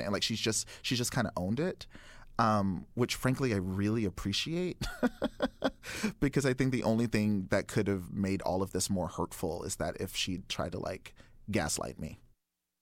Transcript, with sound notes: Like, she's just - she just kind of owned it, which frankly, I really appreciate (laughter) because I think the only thing that could have made all of this more hurtful is that - if she'd tried to, like, gaslight me.